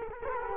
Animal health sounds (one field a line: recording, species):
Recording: mosquito wingbeat signal from an infrared sensor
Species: Culex quinquefasciatus